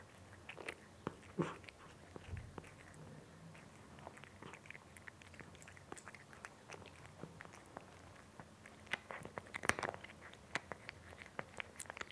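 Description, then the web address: Cat munching with scattered crunchy bites, with a louder, busier stretch late. Cat eating with a nice crunchy sound. "BBC Sound Effects Library (Cats) Cat Eating (Nice Crunchy Sound)"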